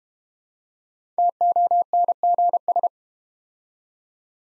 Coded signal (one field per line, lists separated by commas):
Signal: Morse code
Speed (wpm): 32 wpm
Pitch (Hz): 700 Hz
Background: none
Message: TONGS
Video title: Easy Words - Speed-Racing with Hints - 25wpm